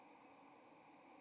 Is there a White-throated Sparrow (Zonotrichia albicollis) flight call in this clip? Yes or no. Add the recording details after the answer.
yes. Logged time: 07:39 on 30 October 2014